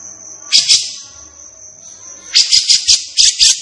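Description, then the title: Grey-cheeked bulbul song: two harsh raspy notes, a pause, then a rapid series of six scratchy bursts, over a steady high-pitched whine. Singing energetically and persistently (gacor), agitated (emosi), as a tutoring track (masteran) for training caged birds. "Cucak Jenggot Gacor. Cucak Jenggot Emosi Untuk Masteran"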